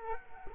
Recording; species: mosquito wingbeat signal from an infrared sensor; Culex quinquefasciatus